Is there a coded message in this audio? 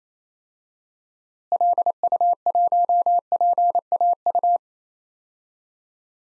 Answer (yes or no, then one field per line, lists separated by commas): yes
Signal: Morse code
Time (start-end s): 1.5-4.6 s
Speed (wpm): 27 wpm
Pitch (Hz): 700 Hz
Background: none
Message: LU1PAU